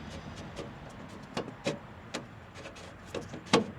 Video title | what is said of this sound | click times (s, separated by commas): 2025 DURAMAX DIESEL FUEL FILTER CHANGE, HOW TO | There. There's that click. And you'll feel it set in. | 3.5 s